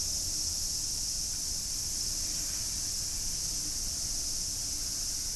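Cicada drone, an unchanging bright hiss that carries on steadily without pauses.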